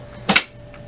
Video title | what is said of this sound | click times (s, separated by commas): Dell S2825 - Onyx Imaging - OKC Printer Repair - Replace Imaging Drum | until it clicks into place | 0.3 s, 0.4 s